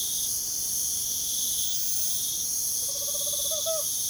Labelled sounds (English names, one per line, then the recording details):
Tropical Screech-Owl
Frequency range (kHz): Tropical Screech-Owl 0.1-2.8 kHz
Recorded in pastures near Puerto Asís, Putumayo, Colombia, on 24 June 2025 at 03:00
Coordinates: 0.497, -76.327
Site G040